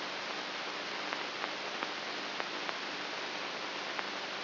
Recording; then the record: brain microelectrode recording played as sound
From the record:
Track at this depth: inside the subthalamic nucleus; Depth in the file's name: 2.04 mm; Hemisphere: right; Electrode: 3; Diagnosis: Parkinson's disease